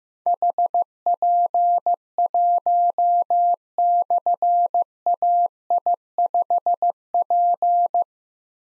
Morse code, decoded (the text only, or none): HP1/AI5P